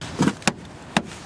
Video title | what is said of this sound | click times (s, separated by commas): Van Build Diaries #3 - Fixing a bunch of things! | It's gotta snap into place like that. | 0.5 s, 1.0 s